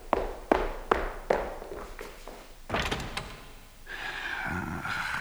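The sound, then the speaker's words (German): Four evenly paced, heavy footsteps of a man thud in a row, then he slams a door shut with a loud, rattling impact, followed by a steady whining tone that lingers to the end. “Ach, warum er nur so laut sein muss, immer mit den Türen knallt.”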